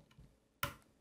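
A memory module is lowered into a motherboard DIMM slot and pressed down on the left end first, and the left latch clicks at 0.6 s with a sharp, bright snap after a faint tick at 0.1 s. Only the left side has latched so far, and the right side is still to be pressed.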